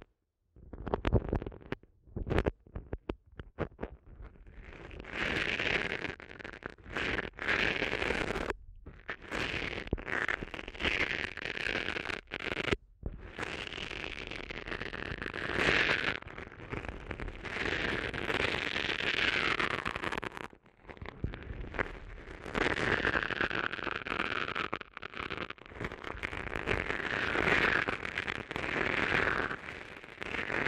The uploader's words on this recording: ASMR Sensitive Eardrum Massage for People Who Can’t Tingle (No Talking).